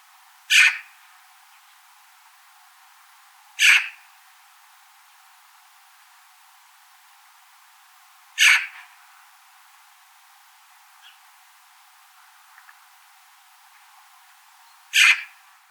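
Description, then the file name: Eurasian magpie giving short, harsh notes, four in all, spaced irregularly several seconds apart over a quiet background. "Pica pica"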